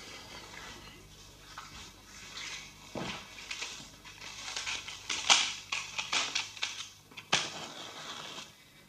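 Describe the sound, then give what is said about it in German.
Soft rustling and fumbling noises, then two sharp scratchy clicks like a lighter being struck, followed by more small handling sounds as a lamp is lit. “Wir wollen Licht anzünden.”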